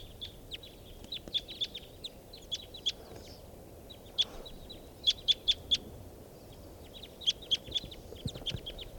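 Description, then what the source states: Red crossbill flight calls: short, sharp jip notes in loose bursts, some in quick runs of three or four, over steady background noise. Call type 5, calling right above the camp on June 9.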